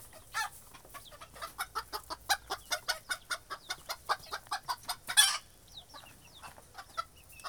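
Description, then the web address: Chickens clucking in a steady run of short, sharp notes, with one louder squawk partway through. Chickens recorded in a henhouse. "KMP Film Video Sound Effects. Kip - Kippenhok"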